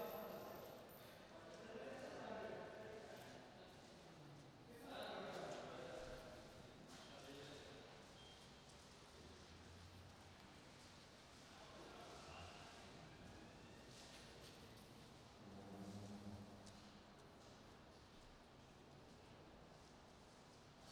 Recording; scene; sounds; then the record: everyday scene through a hearing-aid microphone; reverberant space; background noise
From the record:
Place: railway station hall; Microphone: in the ear canal, right